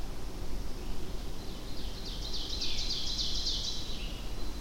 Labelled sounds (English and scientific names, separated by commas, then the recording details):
Ovenbird (Seiurus aurocapilla) song
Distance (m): 60 m
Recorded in boreal forest in Alberta, Canada, on 25 June 2016 at 08:21
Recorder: SongMeter 3, array SBT-6-76
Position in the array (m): 307 m, 74 m
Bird 1